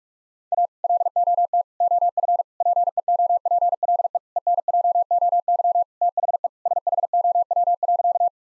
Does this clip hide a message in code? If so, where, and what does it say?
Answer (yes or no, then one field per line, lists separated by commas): yes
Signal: Morse code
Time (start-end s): 0.5-8.3 s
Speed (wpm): 46 wpm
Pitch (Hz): 700 Hz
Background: none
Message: A LOT OF PEOPLE ENJOY THE SHOW.